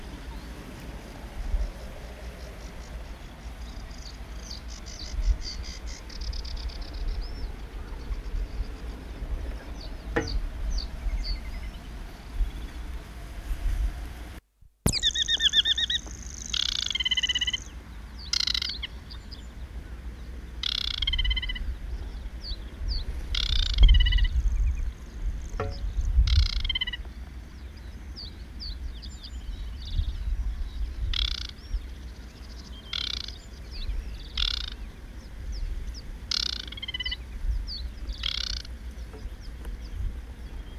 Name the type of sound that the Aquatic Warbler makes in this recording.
song